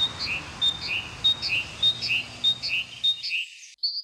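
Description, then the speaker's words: Great tit song, a rhythmic two-note phrase repeated about every two-thirds of a second, high and clear, over steady background hiss that cuts off near the end. Contrast between urban and countryside great tits; urban birds sing faster, shorter songs at higher frequency than rural ones. "That was the difference between an urban great tit and one in the countryside."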